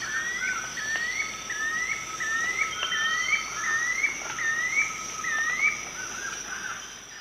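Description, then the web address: Spotted puffbird duet of short upslurred whistles repeated in a steady series, with a continuous insect buzz and a held lower whistle behind. Duet; eastern lowlands of South America. "Natures Songs S America Eastern Lowlands Bucco tamatia, duet"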